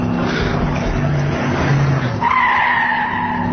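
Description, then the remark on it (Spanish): A bus rumbles low as it slows, then its brakes let out a loud, steady high-pitched squeal that holds for the last second or so as it comes to a stop. “Oye, tío, ha parado. ¿Subimos o qué?”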